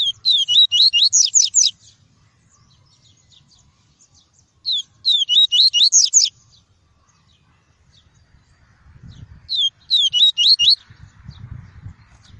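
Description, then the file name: Seedeater giving three matching phrases of fast, sweet swooping whistles, each lasting about a second and a half, repeated about every five seconds, with a low rumble near the end. Song of the "tui-tui" variety. "canto do papa capim tui tui"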